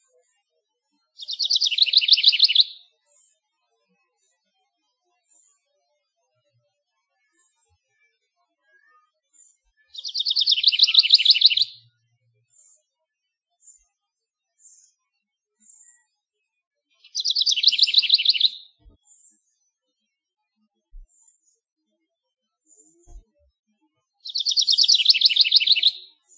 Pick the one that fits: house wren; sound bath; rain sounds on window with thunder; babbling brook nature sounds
house wren